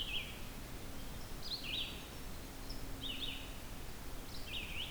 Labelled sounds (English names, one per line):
Red-eyed Vireo song